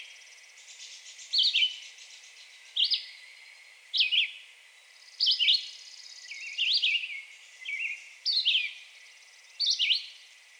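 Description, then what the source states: Red-eyed Vireo delivering a series of short, sweet whistled phrases separated by short pauses, over a soft background hiss. Recorded 2020-06-02.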